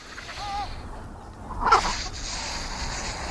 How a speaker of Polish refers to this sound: W tym dźwięku, który Państwo słyszą teraz w tle, jeden z pingwinów jest przeziębiony i wyraźnie kicha